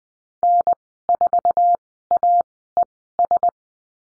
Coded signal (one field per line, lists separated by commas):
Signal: Morse code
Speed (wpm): 20 wpm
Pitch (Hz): 700 Hz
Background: none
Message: N4AES